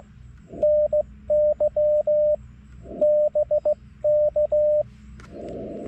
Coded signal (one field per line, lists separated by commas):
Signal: Morse code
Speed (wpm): 14 wpm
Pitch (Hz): 600 Hz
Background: radio noise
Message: NY BK